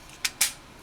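A plastic part of a Transformers Earthrise Deluxe Class Hoist transforming robot toy is rotated down and locks into the toy body. Two sharp plastic clicks sound at about 0.3 s and 0.4 s, the second louder and longer, and the part is seated in place.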